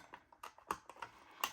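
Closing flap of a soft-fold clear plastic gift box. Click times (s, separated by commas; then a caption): 0.7 s, 1.4 s. The top flap of a soft-fold clear plastic gift box is folded down and pressed closed so the small snaps on each side engage. Several faint ticks are heard, with sharper snaps at 0.7 s and 1.4 s. The lid snaps shut and is seated.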